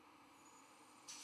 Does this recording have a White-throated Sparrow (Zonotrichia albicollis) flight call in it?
no